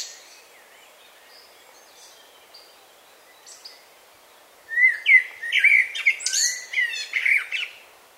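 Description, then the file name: Common blackbird: faint soft notes at first, then one loud phrase of mellow warbling running into a high, chattering twitter near the end. "Turdus merula"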